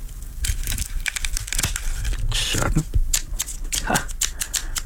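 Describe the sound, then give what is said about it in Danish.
Crisp clicking and crinkling handling noises, then a sharp snip of scissors cutting through a cigar, with a brief spoken word and a short laugh. “Og jeg har saksen parat.”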